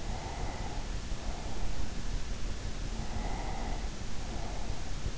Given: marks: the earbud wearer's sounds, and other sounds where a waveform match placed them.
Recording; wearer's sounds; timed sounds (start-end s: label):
sounds in sleep by an in-ear microphone; breath
0.02-2.16 s: breath
2.85-5.11 s: breath